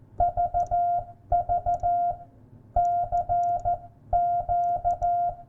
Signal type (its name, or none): Morse code